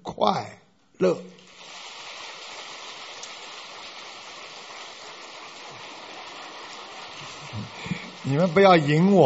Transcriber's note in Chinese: 掌声